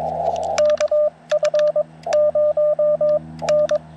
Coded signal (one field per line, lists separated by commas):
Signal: Morse code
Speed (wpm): 22 wpm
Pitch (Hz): 600 Hz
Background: radio noise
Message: KF0N